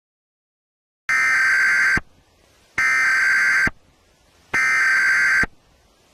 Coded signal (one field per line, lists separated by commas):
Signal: Emergency Alert System (SAME) tones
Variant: header bursts